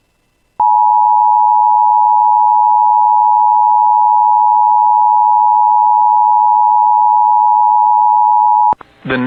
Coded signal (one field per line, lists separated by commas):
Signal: Emergency Alert System (SAME) tones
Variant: 853 and 960 Hz attention tone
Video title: [EAS] Severe Thunderstorm Watch 537 for the Bemidji Area